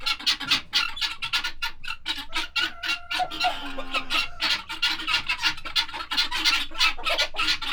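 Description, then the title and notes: Guineafowl chattering harshly in fast irregular bursts, with a few tonal notes mixed in among the flock. Agitated domestic guineafowl at Monsieur Friard's farm, Groslée-Saint-Benoit, France, in the morning; recorded in ORTF stereo with Sennheiser MKH8040 and SD MixPre 6. "Ferme de Monsieur Friard - Groslée-Saint-Benoit, France - Pintades vénères. Monsieur Friard m'invite à rencontrer ses pintades -celles-là même qui avait attiré mon attention à un bon kilomètre de là en arrivant. l’Observatoire PhoNographique Sensible du Rhône"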